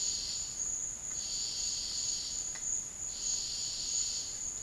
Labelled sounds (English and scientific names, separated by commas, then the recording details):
none
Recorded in dense forest near Puerto Asís, Putumayo, Colombia, on 12 March 2025 at 13:30
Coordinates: 0.484, -76.325
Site G045